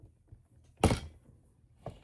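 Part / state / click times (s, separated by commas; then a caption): button shell and pin back in a button press die / seated / 0.8 s. Someone presses down the handle of a button-making press to crimp the button back onto the pin-back shell in the press die, with the pegs lined up with the holes first. A loud thunk-like click at 0.8 s shows the button has seated, followed by a softer knock at 1.9 s, and someone talks.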